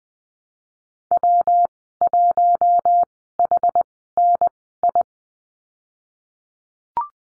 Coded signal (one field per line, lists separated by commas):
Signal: Morse code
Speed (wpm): 20 wpm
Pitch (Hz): 700 Hz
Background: none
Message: W1HNI